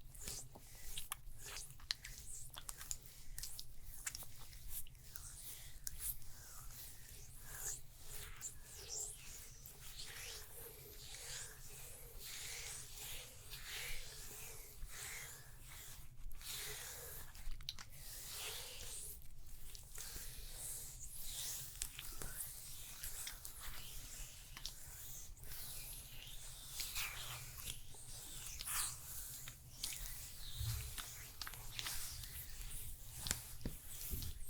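Neck and shoulder massage with no talking: dense, continuous squishy rubbing and skin friction in quick irregular strokes over a steady low hum.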